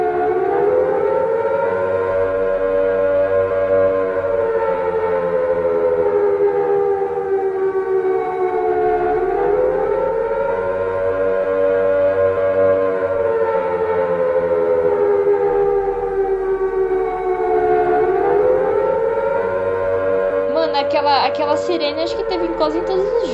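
An air-raid civil defense siren from a video game wails steadily, its harmonic-rich tone rising and falling in slow cycles about every nine seconds, loud and continuous, with a brief crackly burst near the end.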